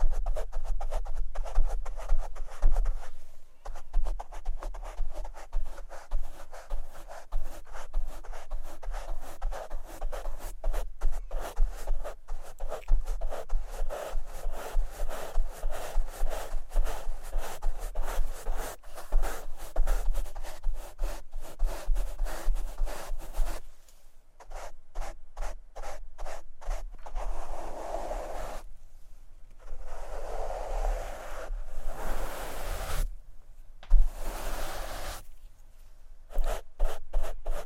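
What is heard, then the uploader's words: Microphone scratching and brushing, dense rapid rasping strokes that loosen after about 24 seconds into separate rubbing bursts with brief pauses. ASMR Microphone Scratching and Brushing (No Talking).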